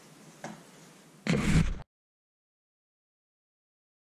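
A box magazine is removed and reinserted into the magazine well of an M14 rifle, because a magazine not fully inserted will not stay in the weapon. Over a faint low hum, a small tap sounds at about 0.5 s, then a loud, sharp hit at 1.3 s rings briefly before the audio cuts to silence at about 1.8 s. The magazine catch locks with a click at 1.3 s, and the magazine is seated.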